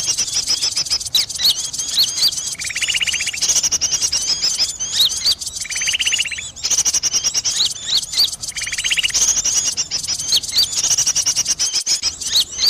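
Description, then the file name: Birds: busy bird chorus of rapid high chirps and whistles, broken by three buzzy rattling trills spaced a few seconds apart. Lure call (pikat), described as a thousand birds. "pikat-1000-burung"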